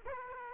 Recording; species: mosquito wingbeat signal from an infrared sensor; Aedes aegypti